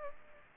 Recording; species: mosquito wingbeat signal from an infrared sensor; Aedes aegypti